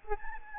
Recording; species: mosquito wingbeat signal from an infrared sensor; Aedes albopictus